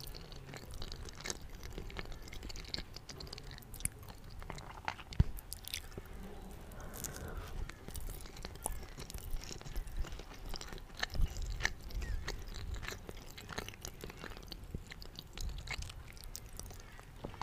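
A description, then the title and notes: Sticky eating sounds fill the recording: wet chewing and soft smacks with frequent sharp clicks and crunches, irregular but nearly constant. A louder bite lands around five seconds, another near eleven. Faint low rumble sits underneath. I’m eating vegetarian sushi again. Sticky eating sounds.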